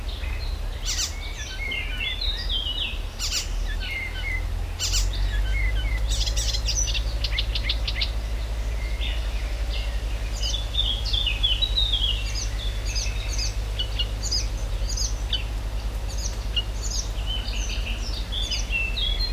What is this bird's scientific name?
Hippolais icterina